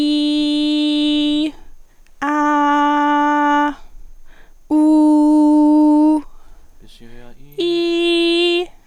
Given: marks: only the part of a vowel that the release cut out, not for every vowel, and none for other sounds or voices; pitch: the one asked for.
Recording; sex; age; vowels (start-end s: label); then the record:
sustained vowels; female; 20 to 29 years
0.00-1.26 s: vowel /i/, normal pitch
2.50-3.53 s: vowel /a/, normal pitch
4.78-5.96 s: vowel /u/, normal pitch
7.72-8.51 s: vowel /i/, high pitch
From the record:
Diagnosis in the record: median neck cyst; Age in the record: 25 years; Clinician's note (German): Unauffälliger stroboskopischer Befund